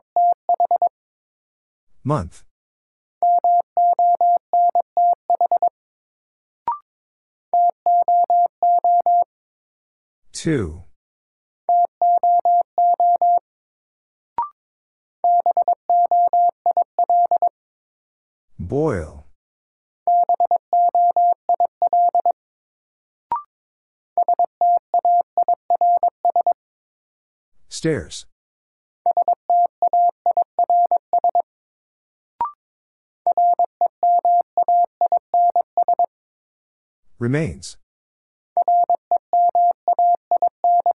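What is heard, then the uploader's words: A steady mid-pitched tone keys a word out in Morse code, short and long beeps grouped into letters with silent gaps between them. About every eight seconds a quick sweeping chirp cuts in, gliding down from high to low and back. New Word Drill - 22wpm. First, the word is sent in Morse code. Then it is spoken.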